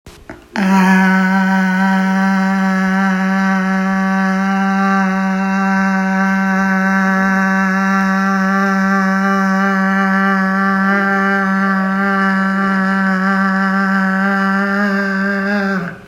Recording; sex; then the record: sustained vowel /a/; female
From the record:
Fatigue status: no fatigue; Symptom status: asymptomatic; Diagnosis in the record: COVID-19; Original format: m4a